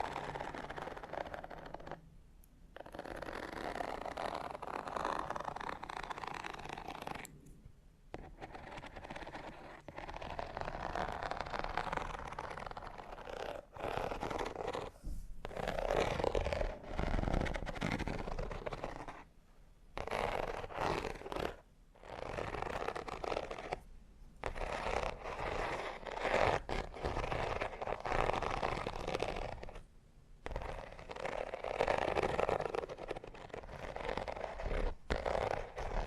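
Fingernails scratch textured leather in dense, rasping strokes, pausing briefly around 2, 7, 15, 20, 22, 24 and 30 seconds.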